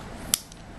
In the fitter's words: okay hear the click yep